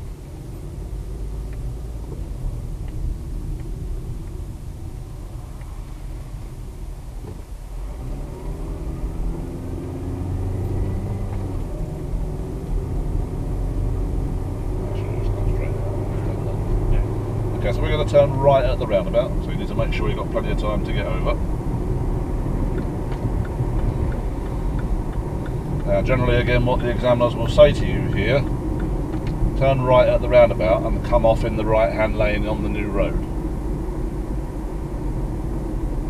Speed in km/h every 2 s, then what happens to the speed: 18, 13, 6, 18, 26, 32, 40, 45, 52, 53, 56, 56, 58, 58, 56, 56, 53, 50.
0-5 slows to 6. 5-20 speeds up to 56. 20-28 steady at about 56. 28-36 slows to 50.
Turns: 5-8.